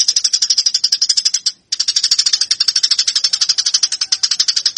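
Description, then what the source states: Eurasian tree sparrow: harsh rapid chirping of a Eurasian tree sparrow in fighting chatter, pulsing quickly and evenly with one short break around a second and a half. Fighting (tarung) sounds of the tree sparrow (burung gereja).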